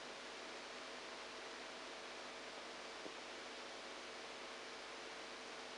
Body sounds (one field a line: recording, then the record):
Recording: brain microelectrode recording played as sound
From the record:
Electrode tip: outside the subthalamic nucleus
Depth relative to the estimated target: -8 mm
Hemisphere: right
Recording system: NeuroSet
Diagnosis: Parkinson's disease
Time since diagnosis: 7 years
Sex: male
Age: 69 years